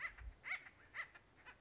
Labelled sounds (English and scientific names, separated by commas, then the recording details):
Acorn Woodpecker (Melanerpes formicivorus)
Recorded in Sonoma County, California